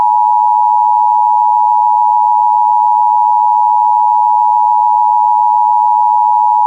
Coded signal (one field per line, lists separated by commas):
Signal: Emergency Alert System (SAME) tones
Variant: 853 and 960 Hz attention tone